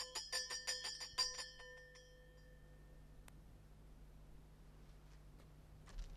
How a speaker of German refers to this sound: Hier ist eine alte Ziehglocke. Ist jemand da? Weiß ich, rührt sich nichts. Versuch's doch noch mal mit der Glocke.